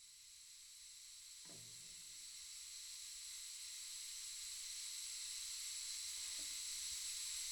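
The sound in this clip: Cicadas giving a continuous high, hissing buzz that holds steady and swells slightly louder throughout, with two faint low thumps in the background.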